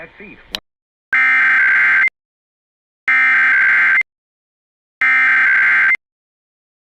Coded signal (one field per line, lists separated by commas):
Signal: Emergency Alert System (SAME) tones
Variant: header bursts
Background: speech